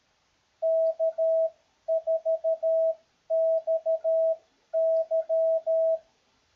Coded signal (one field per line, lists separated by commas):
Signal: Morse code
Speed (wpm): 13 wpm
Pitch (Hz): 650 Hz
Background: none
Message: K4XY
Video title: QRP Hidden Transmitter Exercise